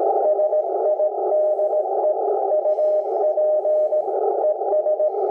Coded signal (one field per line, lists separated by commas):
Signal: Morse code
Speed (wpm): 17 wpm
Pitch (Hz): 620 Hz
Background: none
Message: SIDE UP ES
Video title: How To Setup A HF Ham Radio| First wire to Power On